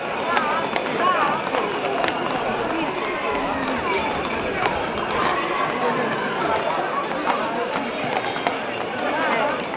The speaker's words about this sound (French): La procession avait commencé doucement, les chevaux étaient nerveux, ils tournaient, ils se cabraient, ils creusaient des vagues dans la foule